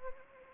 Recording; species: mosquito wingbeat signal from an infrared sensor; Anopheles arabiensis